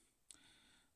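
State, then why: Seated. A cabin air filter on a 2013 Honda Odyssey is slid back into its plastic holder behind the glove box until it locks into place. A single sharp click sounds at 0.3 s over a quiet background, and the filter is seated in its housing.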